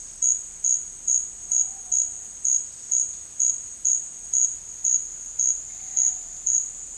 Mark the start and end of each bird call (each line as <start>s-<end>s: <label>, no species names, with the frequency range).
1.47s-2.05s: bird call (0.3-1.1 kHz)
5.49s-6.35s: bird call (0.5-1.4 kHz)